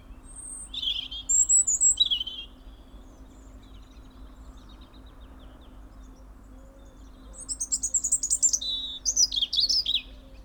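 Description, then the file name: European robin sings high thin whistles and warbles, pauses for several seconds, then delivers fast rattling trills in two bursts. "Erithacus rubecula"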